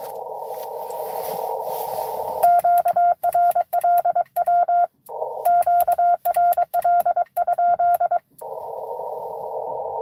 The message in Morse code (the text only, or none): QRL W QRL?